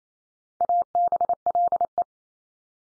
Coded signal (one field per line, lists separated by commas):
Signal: Morse code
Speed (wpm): 28 wpm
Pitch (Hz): 700 Hz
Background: none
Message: ABLE